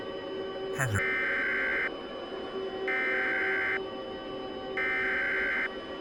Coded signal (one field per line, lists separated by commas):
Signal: Emergency Alert System (SAME) tones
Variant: header bursts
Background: speech